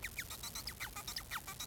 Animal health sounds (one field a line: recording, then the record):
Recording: song of a male Bengalese finch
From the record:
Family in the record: son of father 4